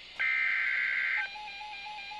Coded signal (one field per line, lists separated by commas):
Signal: Emergency Alert System (SAME) tones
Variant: header bursts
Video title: Real EAS #380 - Severe Thunderstorm Warning